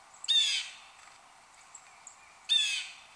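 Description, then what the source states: Blue jay calls: two harsh, noisy screeches about two seconds apart, each lasting a fraction of a second, with quiet between. Recorded 1 January 2015.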